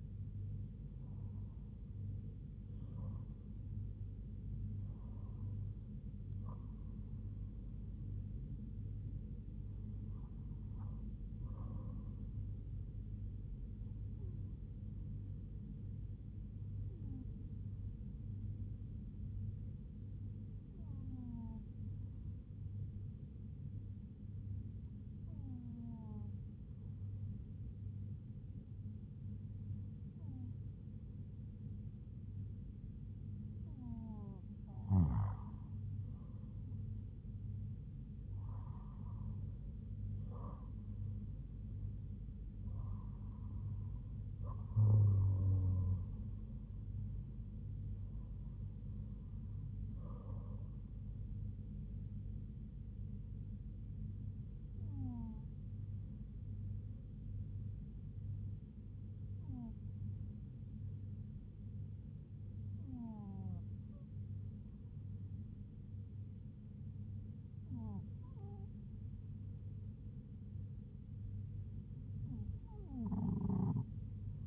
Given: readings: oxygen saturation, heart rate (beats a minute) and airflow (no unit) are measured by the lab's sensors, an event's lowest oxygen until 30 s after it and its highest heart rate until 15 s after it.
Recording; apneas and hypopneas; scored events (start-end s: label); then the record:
breathing in sleep by a smartphone at the bedside; 1
17.00-33.20 s: hypopnea (N1, oxygen 97% highest, then 94% lowest, heart rate 75 at the start, 80 highest)
62.00-74.47 s: new sleep stage, N2 (light sleep)
From the record:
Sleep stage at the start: N1 (lightest sleep); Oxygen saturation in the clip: 94 to 97%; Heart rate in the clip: 70 to 80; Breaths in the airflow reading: 17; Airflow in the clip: -5.5 to 4.4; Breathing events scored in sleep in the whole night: 158 in 7.3 hours asleep